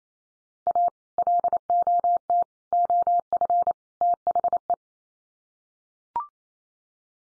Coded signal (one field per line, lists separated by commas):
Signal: Morse code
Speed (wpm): 28 wpm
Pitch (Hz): 700 Hz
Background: none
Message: A LOT OF THE